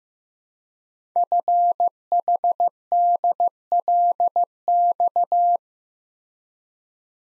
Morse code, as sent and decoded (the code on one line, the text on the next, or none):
..-. .... -.. .-.. -..-
FHDLX